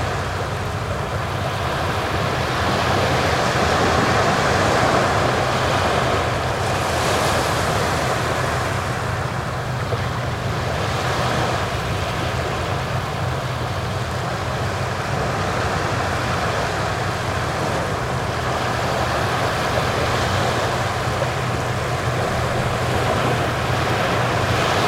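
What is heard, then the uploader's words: Churning surf at Brighton Beach on Coney Island, a dense, steady wash of rushing water with a low rumble underneath. Loudness barely shifts, with brief surges of brighter hiss around 7, 11 and 20 seconds as waves break. Large rock formation directly South of 601 Riegelmann Boardwalk, Brooklyn, NY. A massive pile of charcoal colored boulders spill out from the beach into the Atlantic, creating a wall that blocks the late November winds. The churning surf of Coney Island's Brighton Beach.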